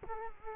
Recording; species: mosquito wingbeat signal from an infrared sensor; Culex quinquefasciatus